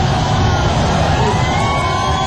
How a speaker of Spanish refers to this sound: Algo está pasando, estamos sintiendo como que un tren pasase a nuestras espaldas. Sí, algo nos estamos perdiendo, pero queremos avisar a la familia que estamos bien. Ah, aparentemente sería la ola la que suena.